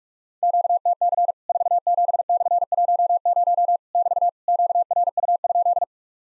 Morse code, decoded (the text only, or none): QTC 47/10 <BT> QRU?